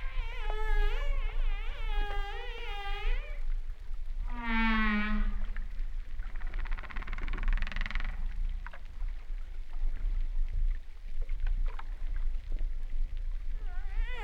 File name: humpback whale sound